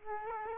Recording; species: mosquito wingbeat signal from an infrared sensor; Aedes aegypti